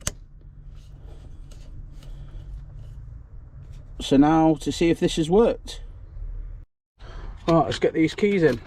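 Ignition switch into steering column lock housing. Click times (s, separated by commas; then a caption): 0.1 s. A replacement ignition switch for a Ford Transit Mk7 is pushed into position on the steering column lock housing until its clips engage. A sharp click at 0.1 s shows it seating, followed by faint handling noises. Then someone talks.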